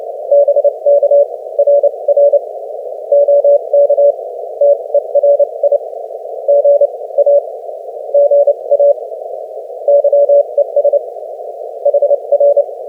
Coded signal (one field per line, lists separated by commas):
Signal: Morse code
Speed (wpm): 27 wpm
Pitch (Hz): 570 Hz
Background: none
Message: BK RR OK TERI GA GA YES HR